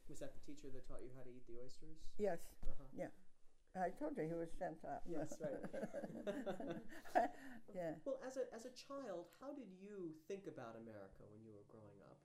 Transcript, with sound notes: Was that the teacher that taught you how to eat the oysters?
Yes.
Uh-huh.
Yeah. I told you, he was sent a —
That's right. [laughter]
Yeah.
Well, as a — as a child, how did you think about America when you were growing up?